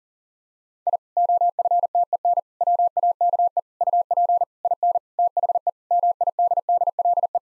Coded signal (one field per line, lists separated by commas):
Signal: Morse code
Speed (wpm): 40 wpm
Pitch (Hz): 700 Hz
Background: none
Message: I OFTEN WAKE UP IN THE MIDDLE